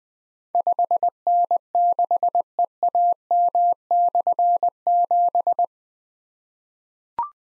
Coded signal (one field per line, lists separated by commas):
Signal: Morse code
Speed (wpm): 20 wpm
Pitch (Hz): 700 Hz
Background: none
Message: 5N6EAM/7